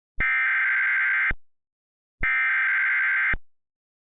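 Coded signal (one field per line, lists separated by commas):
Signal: Emergency Alert System (SAME) tones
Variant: header bursts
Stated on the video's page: Mock EAS alert, not a real broadcast.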